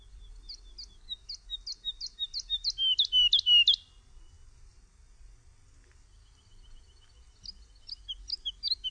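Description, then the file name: Lark giving a series of high, clipped notes that grows louder over about four seconds, then, after a pause, a quieter run of chirps. "LERKA"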